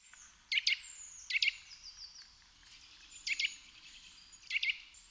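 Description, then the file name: Eurasian nuthatch giving four bursts of abrupt, ringing doubled notes at irregular intervals, while faint high, falling whistles run through the background. "Sitta europaea"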